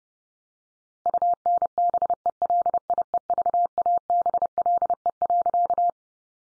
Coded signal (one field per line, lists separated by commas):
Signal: Morse code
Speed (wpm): 30 wpm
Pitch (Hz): 700 Hz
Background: none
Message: UNBELIEVABLE.